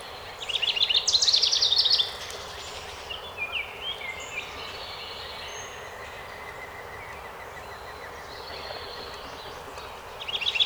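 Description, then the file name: House wren song, one rapid jumbled burst of chattering trills lasting about a second and a half, then scattered soft notes, with a new burst starting at the end. Recorded on 12 May 2018. "2018-05-12 HOWR"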